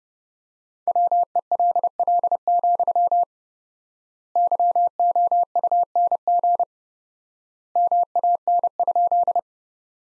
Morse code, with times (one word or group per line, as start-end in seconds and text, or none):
0.9-3.2 WELL,
4.4-6.6 YOUNG
7.8-9.4 MAN?